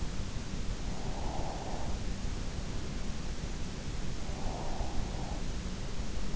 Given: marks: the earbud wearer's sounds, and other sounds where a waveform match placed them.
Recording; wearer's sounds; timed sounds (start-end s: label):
sounds in sleep by an in-ear microphone; breath
0.35-2.87 s: breath
3.56-6.30 s: breath